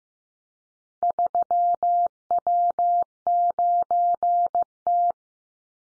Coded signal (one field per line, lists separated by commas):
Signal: Morse code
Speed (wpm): 15 wpm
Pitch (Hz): 700 Hz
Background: none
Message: 3W9T